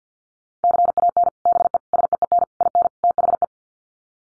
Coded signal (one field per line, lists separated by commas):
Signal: Morse code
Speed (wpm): 50 wpm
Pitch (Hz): 700 Hz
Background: none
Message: CAN BE SEEN IN THE